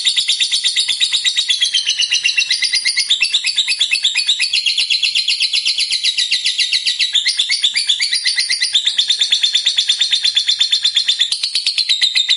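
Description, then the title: Lovebird delivering a long, continuous shrill trill of rapid chattering notes, steady and loud, with small pitch shifts along the way. A 'fighter' lovebird singing vigorously and persistently ('gacor'). "Berkat SUARA Lovebird FIGHTER GACOR Ini"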